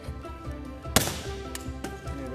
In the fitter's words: you're gonna fold this down over click